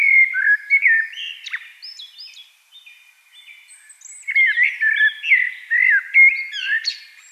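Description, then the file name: Eurasian blackbird singing loud mellow whistled phrases, then softer scratchy high twitters, then another run of rich warbling notes. "Turdus merula"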